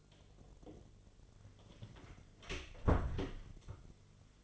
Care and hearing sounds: daily activity, microphone in the room; close door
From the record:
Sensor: 4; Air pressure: 1008.0 hPa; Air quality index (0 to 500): 180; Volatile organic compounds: 5 ppm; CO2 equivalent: 1807 ppm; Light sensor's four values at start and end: 23/73/28/27 and 23/74/28/27

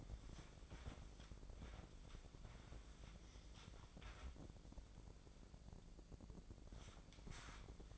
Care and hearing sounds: daily activity, microphone in the room; wipe stove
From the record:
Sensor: 5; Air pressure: 1012.4 hPa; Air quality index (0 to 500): 155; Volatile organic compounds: 2 ppm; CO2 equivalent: 1058 ppm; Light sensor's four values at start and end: 187/446/191/219 and 185/442/190/218

